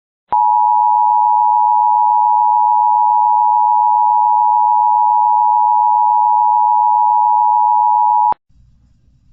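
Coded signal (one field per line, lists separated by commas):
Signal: Emergency Alert System (SAME) tones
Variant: 853 and 960 Hz attention tone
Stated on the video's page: Mock reenactment of a real statewide winter storm (extreme cold) warning using valid EAS tones, remade from a radio station's alert audio.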